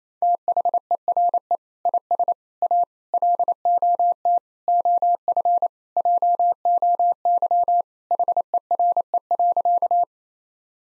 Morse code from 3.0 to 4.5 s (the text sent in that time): LOT